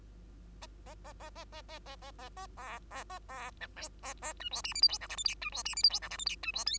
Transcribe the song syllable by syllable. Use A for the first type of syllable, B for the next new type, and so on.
A A A A A A A A A A A B B A B C D A A E F G H I J K L M N E F G H I J K L M N E F O